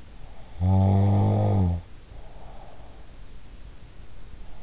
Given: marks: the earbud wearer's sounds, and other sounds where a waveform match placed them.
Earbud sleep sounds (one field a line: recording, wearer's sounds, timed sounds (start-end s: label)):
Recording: sounds in sleep by an in-ear microphone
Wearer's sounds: snoring breath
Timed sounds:
0.55-3.35 s: snoring breath